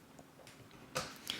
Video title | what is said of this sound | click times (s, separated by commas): HIYA Toys Exquisite Mini Series GI Joe Snake Eyes & Storm Shadow Unboxing & Review! | There you go. Just like that. They snap right in. | 1.0 s, 1.3 s